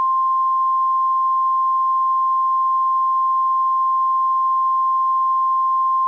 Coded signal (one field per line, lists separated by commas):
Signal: Emergency Alert System (SAME) tones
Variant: 1050 Hz attention tone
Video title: EAS Scenario - CaseOh's Rampage (Part 1) (Remastered) (Season 1, Episode 1)